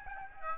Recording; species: mosquito wingbeat signal from an infrared sensor; Aedes albopictus